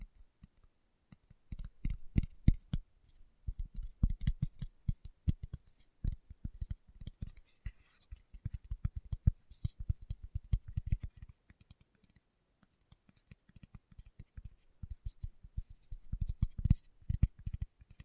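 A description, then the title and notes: Fingertips tap in quick, irregular bursts, each tap a short dull knock with a faint crisp click on top. The tapping runs in clusters with brief pauses, thinning out around twelve seconds before picking up again toward the end. ASMR Tapping with Fingertips (No Talking).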